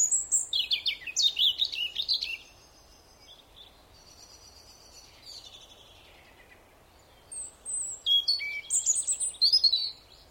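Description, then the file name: European robin song: a burst of rapid, jumbled high notes, softer thin whistles in the middle, then another lively twittering phrase. "Erithacus rubecula"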